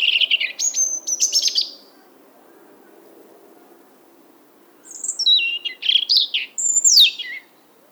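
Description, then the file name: European robin song in two bursts of high, sweet warbling and trilled notes separated by about three seconds of quiet. "Erithacus rubecula"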